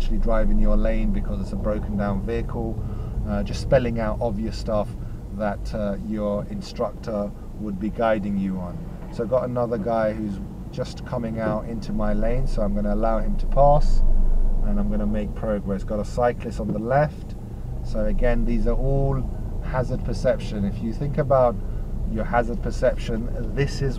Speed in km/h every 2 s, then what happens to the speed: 8, 6, 3, 0, 0, 0, 5, 5, 6, 8, 6, 8.
0-5 slows to 0. 5-11 standing. 11-17 pulls away to 8. 17-24 steady at about 8.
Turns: none.